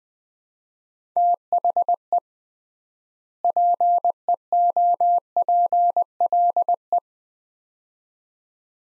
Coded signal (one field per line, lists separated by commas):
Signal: Morse code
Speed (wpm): 21 wpm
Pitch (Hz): 700 Hz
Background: none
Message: THE PEOPLE